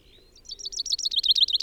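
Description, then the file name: Common chaffinch song starting with a faint thin note, then a fast trill of repeated descending notes growing louder toward the close. "Fringilla coelebs"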